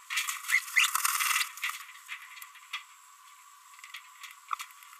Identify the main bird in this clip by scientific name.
Forpus passerinus